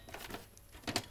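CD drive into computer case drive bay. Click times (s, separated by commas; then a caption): 1.0 s. A CD drive, with its data and power leads already connected, is slid forward in a PC case. Soft scraping and sliding sounds come first, then a sharp click at 1.0 s as the drive latches into the drive bay and is seated.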